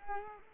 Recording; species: mosquito wingbeat signal from an infrared sensor; Culex pipiens